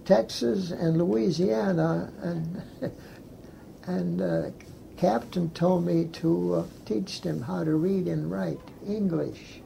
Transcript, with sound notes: Texas and Louisiana and (laughs) and ah captain told me to teach them how to read and write English.